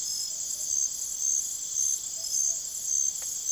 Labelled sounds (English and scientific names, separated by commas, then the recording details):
none
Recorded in secondary vegetation near Puerto Asís, Putumayo, Colombia, on 24 June 2025 at 04:00
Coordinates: 0.489, -76.322
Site G021